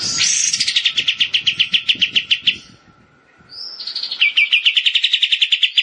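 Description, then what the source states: Bar-winged prinia song: two long, quick trills of high chipping notes, each starting with a thin whistle, over a faint steady hum. Rice-field (sawah) song variety.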